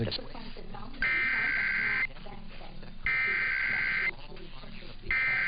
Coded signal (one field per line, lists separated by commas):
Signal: Emergency Alert System (SAME) tones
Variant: header bursts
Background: speech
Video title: [EAS #1928-#1943] Part 2 of Testing Mania Week (12/06/22 -12/08/22)